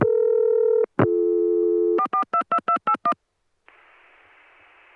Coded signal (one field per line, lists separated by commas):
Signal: DTMF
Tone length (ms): 90 ms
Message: 4422281